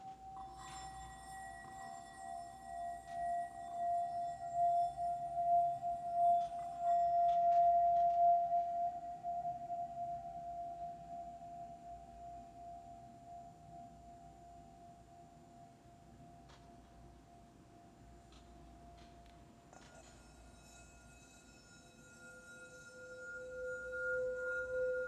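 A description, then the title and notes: Healing bowls ring out with a steady, pure mid-pitched tone that swells slightly, then slowly fades over the first twenty seconds. Just before the twenty-second mark a new bowl is struck, bringing a brighter, different-pitched ring that grows louder toward the end. HEALING BOWLS FOR LAKE COUNTY.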